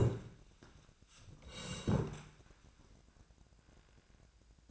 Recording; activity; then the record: daily activity, microphone in the room; sit down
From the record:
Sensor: 2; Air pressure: 1012.1 hPa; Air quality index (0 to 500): 162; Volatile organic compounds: 2 ppm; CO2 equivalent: 1189 ppm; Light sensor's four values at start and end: 60/135/63/75 and 60/140/63/72